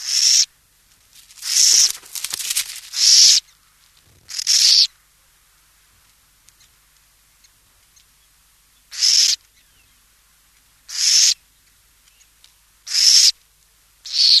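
Burrowing owl rasping calls: breathy, hiss-like bursts, clustered at first, then spaced every two seconds or so after a pause, with quiet between.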